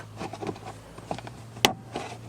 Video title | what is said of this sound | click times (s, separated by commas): How to Change Automatic Gear Shifter Light Bulb on 2003-2008 Toyota Corolla | and as you can hear it clicked and now all I got to do is just grab it with my fingers and start pulling it up | 1.7 s